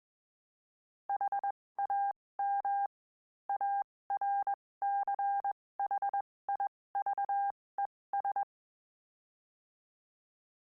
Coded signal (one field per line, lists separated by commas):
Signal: Morse code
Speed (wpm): 21 wpm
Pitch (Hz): 800 Hz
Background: none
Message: HAM ARCHIVES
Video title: 2019 01 11 HAM RADIO NW